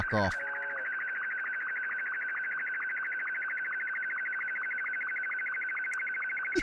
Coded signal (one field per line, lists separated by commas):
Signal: SSTV (slow-scan television)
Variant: Martin 2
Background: speech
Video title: Scanning the airwaves with the SDR